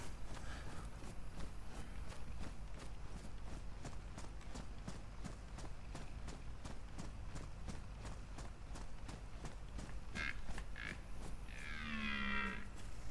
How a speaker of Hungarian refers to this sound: Valahol nagyon közel van egy szarvas.